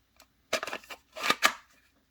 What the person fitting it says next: And there's the click. I like the click.